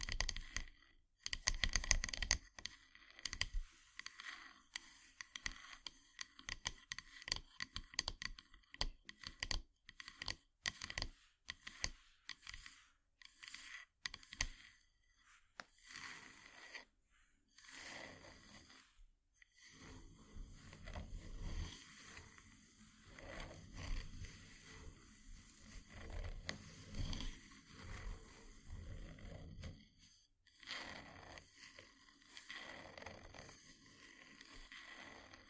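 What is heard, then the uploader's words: Wooden ASMR triggers: rapid, dense tapping and clicking for the first dozen seconds, then softer scratching and scraping with brief pauses. ASMR Wooden Triggers 1hour（No Talking）.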